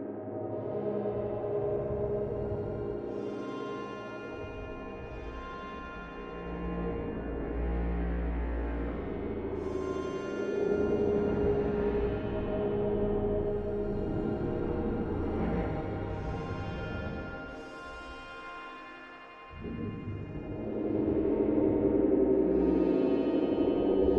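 Slow meditative synths hold long, ringing tones, with gong-like swells and echoing shimmer layered over a deep low drone. The sound thins and dips around nineteen seconds, then returns louder with a bright, sustained chord to the end.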